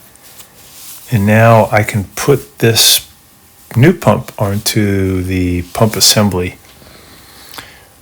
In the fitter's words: push it all the way on clicks into place